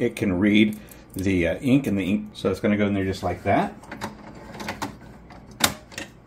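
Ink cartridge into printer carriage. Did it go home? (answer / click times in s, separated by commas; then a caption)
yes / 5.6 s. A remanufactured plastic ink cartridge, with its protective cover removed, is pushed into a printer carriage slot while someone talks. After a few soft handling sounds, the cartridge pops into place with a sharp snap at 5.6 seconds, and it is seated.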